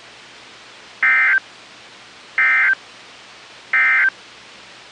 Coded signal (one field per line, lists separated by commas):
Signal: Emergency Alert System (SAME) tones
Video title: EAS 2061-2069 (9/21-9/28/22)